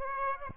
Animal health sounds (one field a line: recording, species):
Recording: mosquito wingbeat signal from an infrared sensor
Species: Aedes aegypti